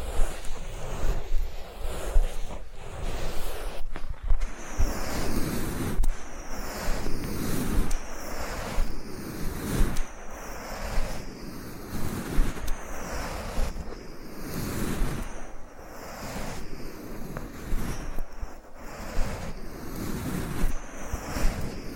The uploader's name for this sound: Massage, Ear Cleaning and Spa